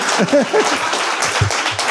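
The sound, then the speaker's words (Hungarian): An audience breaks into steady, dense applause that fills the whole two seconds, with a voice or two briefly audible over the clapping near the start. “A szó szellemért, ha tapsoltok, megöllek titeket.”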